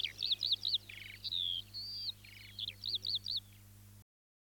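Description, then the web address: Eurasian skylark song: rapid high chirps, slurred whistles and buzzy trills in quick succession, over a steady low hum. "Alauda arvensis. ns svatomartinska alej"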